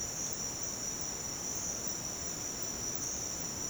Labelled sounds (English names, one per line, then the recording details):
none
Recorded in dense forest near Puerto Asís, Putumayo, Colombia, on 19 June 2025 at 08:30
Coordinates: 0.484, -76.317
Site G045